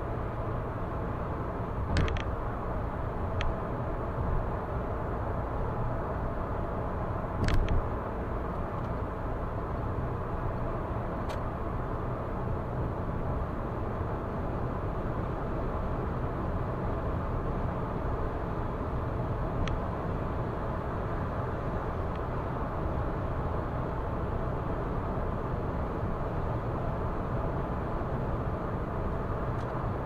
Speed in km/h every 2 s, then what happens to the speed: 105, 105, 106, 106, 106, 108, 110, 112, 113, 114, 114, 114, 114, 115, 116.
0-30 steady at about 112.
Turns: none.